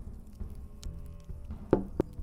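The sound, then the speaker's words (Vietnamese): Slow, heavy knocking on a door from outside: a couple of soft taps, then two heavier, dull thuds spaced a beat apart over a low, steady background rumble. “Rồi tiếng gõ cửa chậm chậm vang lên.”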